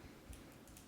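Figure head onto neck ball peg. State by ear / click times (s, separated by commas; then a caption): not seated / none. A plastic head is being handled onto the neck ball peg of a GI Joe Classified Series #87 action figure, with faint light ticks around 0.3 s and 0.8 s against a quiet background. Nothing has seated or clicked yet; the head is not yet home on the peg.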